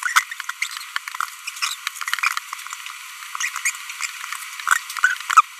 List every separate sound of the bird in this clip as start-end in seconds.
0.62-0.67, 1.62-1.73, 3.40-3.49, 3.65-3.70, 5.03-5.14